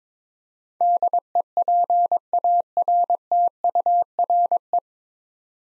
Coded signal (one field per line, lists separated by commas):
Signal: Morse code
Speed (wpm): 22 wpm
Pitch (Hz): 700 Hz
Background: none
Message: DEPARTURE